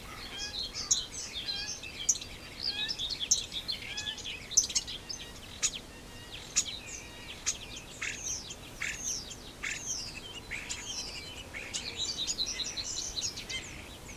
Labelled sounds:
European Starling (Sturnus vulgaris) song

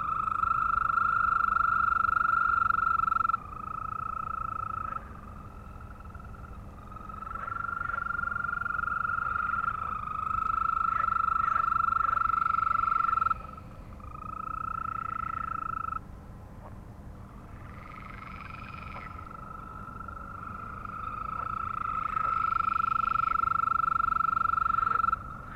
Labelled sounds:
Green Toad (Bufo viridis) call

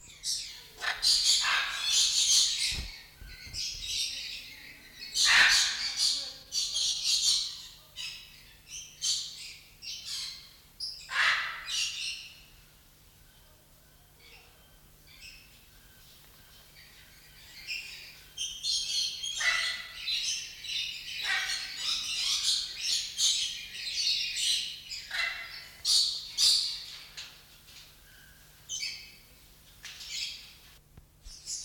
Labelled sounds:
Coconut Lorikeet (Trichoglossus haematodus)

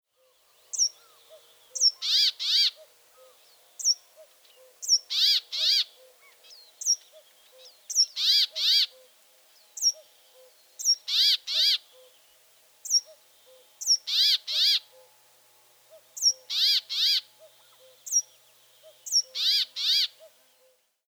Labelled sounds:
Brambling (Fringilla montifringilla)

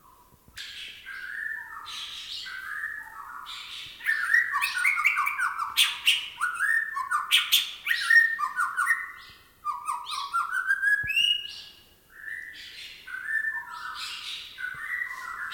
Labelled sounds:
White-rumped Shama (Copsychus malabaricus)

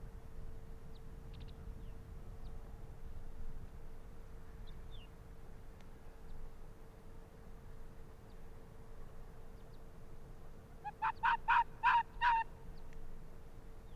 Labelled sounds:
Arctic Fox (Vulpes lagopus)

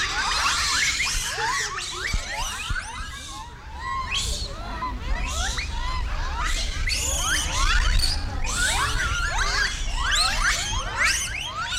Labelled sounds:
Japanese Macaque (Macaca fuscata)

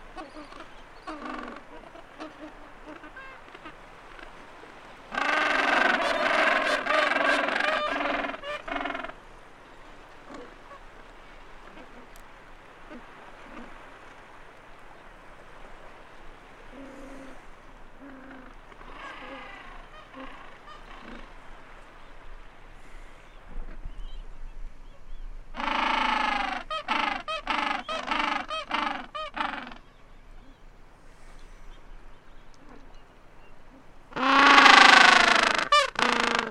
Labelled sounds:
Gentoo Penguin (Pygoscelis papua) call

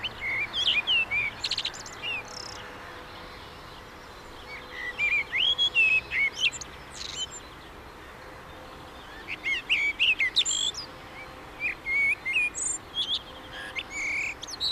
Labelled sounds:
Common Blackbird (Turdus merula) song

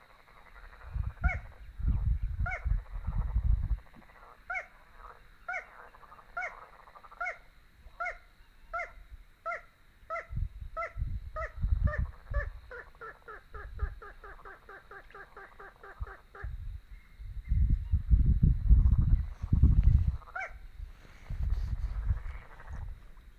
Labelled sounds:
Little Crake (Porzana parva) song

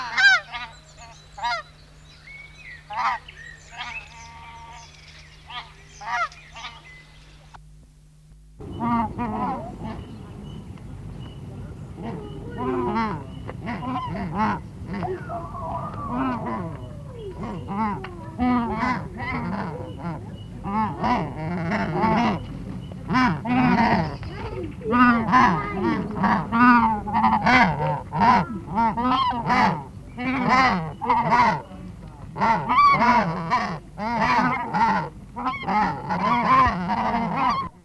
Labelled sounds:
Emperor Goose (Chen canagica) call

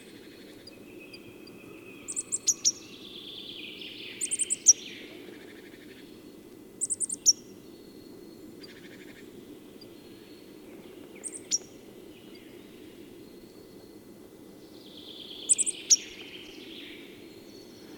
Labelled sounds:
Great Tit (Parus major) call

